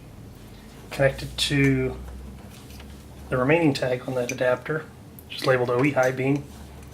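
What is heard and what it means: A high beam bulb plug is handled near the adapter harness connector of Kenworth T660 Bi-Xenon headlights while someone talks over a low steady hum. No click is heard, and nothing has seated or clicked yet.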